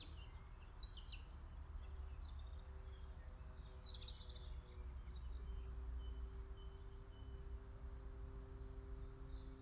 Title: voegel im wald eine maus und ein motorrad